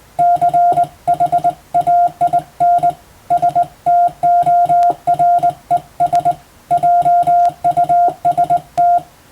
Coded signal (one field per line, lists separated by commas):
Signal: Morse code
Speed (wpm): 20 wpm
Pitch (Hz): 700 Hz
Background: music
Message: CHAIN STORES JUST